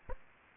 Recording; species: mosquito wingbeat signal from an infrared sensor; Aedes aegypti